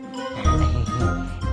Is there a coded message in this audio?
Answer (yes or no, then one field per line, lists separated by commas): no